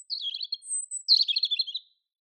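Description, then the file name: European robin song: two quick phrases of high, tinkling, jumbled notes separated by a thin, drawn-out high whistle; otherwise quiet. "Erithacus rubecula"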